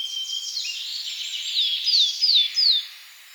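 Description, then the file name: Eurasian blackcap song: soft warbling, then a few clear downward-sliding high whistles in quick succession near the end. "Sylvia atricapilla"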